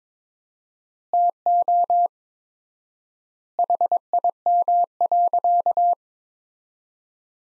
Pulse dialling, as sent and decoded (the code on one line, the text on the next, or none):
none